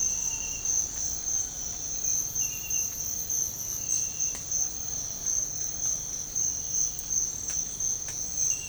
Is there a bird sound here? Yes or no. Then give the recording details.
no. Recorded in pastures near Puerto Asís, Putumayo, Colombia, on 21 December 2024 at 05:30. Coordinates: 0.496, -76.326. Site G004